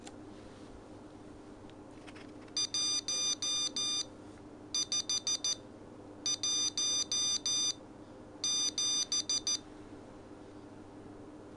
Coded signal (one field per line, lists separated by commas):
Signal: Morse code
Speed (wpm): 14 wpm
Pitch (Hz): 2400 Hz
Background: none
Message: 1517